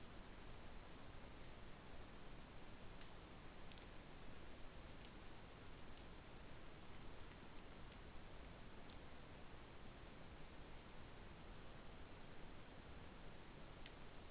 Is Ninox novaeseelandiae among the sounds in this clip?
no